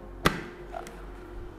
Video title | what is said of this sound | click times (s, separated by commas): Helm Carbon Brand Pendatang Baru! MT Helmets Rapide Pro Full Review Indonesia - RC Review - | Kita lihat truk, nah dia udah ngunci. | 0.3 s